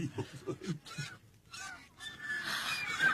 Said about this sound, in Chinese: 皇上，看，天鹅。 天鹅落到翠微宫宫顶上了。哎呀！他们引吭欢叫，翩翩起舞，实在是有趣啊。